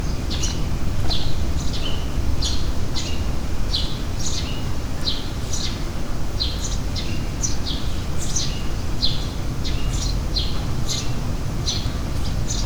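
Bird giving a steady series of short high chirps over strong low rumbling background noise.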